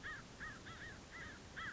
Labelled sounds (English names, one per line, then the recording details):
American Crow
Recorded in Sonoma County, California